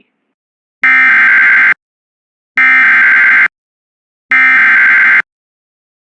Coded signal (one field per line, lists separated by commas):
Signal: Emergency Alert System (SAME) tones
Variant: header bursts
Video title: EAS #257-259 Severe Thunderstorm Warnings & 1 Required Weekly Test On WJON-IP